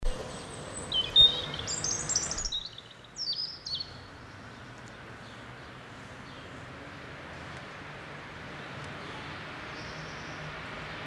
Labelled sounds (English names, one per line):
European Robin song